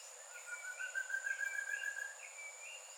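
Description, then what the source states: Thicket antpitta song, a steady string of whistled notes rising slightly, with higher slurred whistles above it and a constant high drone. Recorded on 22 July 2017; eight songs captured.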